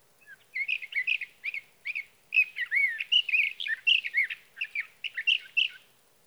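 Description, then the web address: Sage thrasher delivering a long jumbled warble of slurred whistles and burry notes, choppy at first, then more continuous. "birdsongforthecurious Sage Thrasher"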